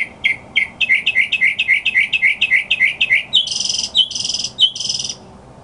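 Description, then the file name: Northern mockingbird song: a fast string of repeated chirped phrases, then harsher, buzzy, higher-pitched phrases repeated three times. "kicauan burung northern mockingbird. omkicau"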